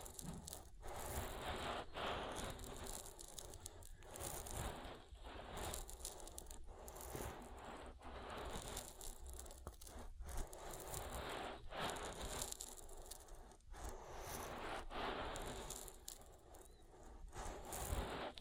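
An oil ear massage: dense, wet rubbing and squishing fills all 18 seconds with a steady crackling, scraping texture. Sharper strokes and pops cut through about once a second, over a constant low rumble, and the level stays fairly even with brief small dips.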